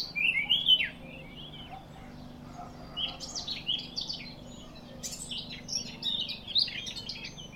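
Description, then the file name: Eurasian blackcap warbling in two short bursts of quick, scratchy, high notes, the second burst longer and more varied, over a faint low hum. "Sylvia atricapilla"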